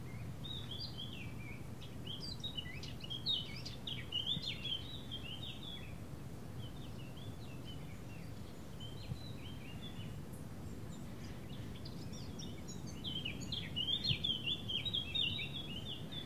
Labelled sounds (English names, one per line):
Eurasian Wren song